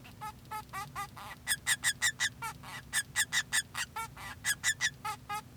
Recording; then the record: song of a male Bengalese finch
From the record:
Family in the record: son of father 2